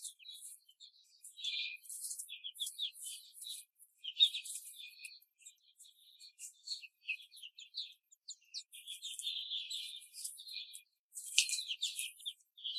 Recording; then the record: young laying hens in a cage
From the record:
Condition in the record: control cage, before the stress test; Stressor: none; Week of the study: 4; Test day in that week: 3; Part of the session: 1